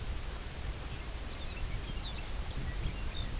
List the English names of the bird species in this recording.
Lapland Longspur